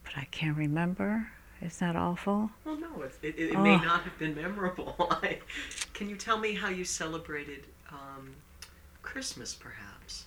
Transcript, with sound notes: But I can't remember. Is that awful?
Well, no. It may not have been memorable. ( he laughs ) Can you tell me how you celebrated Christmas perhaps?